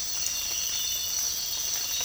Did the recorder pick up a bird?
no